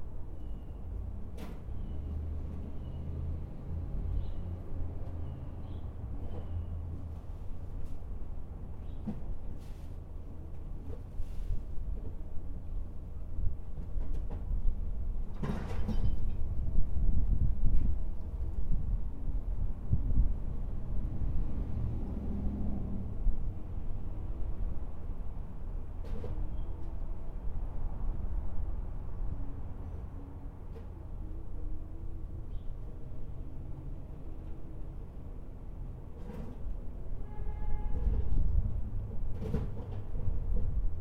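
Backyard traffic rumble runs low and steady throughout, with scattered clanks and knocks, a louder thump near fifteen seconds, and faint chirps.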